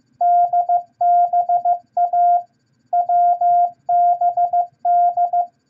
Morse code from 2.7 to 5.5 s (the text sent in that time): WBD